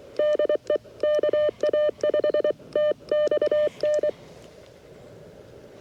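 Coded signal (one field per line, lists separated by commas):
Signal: Morse code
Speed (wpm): 23 wpm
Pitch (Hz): 600 Hz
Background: none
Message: DE KA5TXN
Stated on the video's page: QRP CW Parks on the Air activation with a vintage Elecraft K2 and a 40-10 metre end-fed half-wave antenna.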